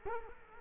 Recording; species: mosquito wingbeat signal from an infrared sensor; Culex quinquefasciatus